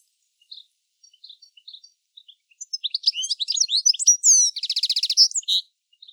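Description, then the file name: European goldfinch calling: soft, scattered tinkling notes at first, then a rapid burst of sweet twitters and a dry buzzy trill, fading back to faint chips. "Carduelis carduelis"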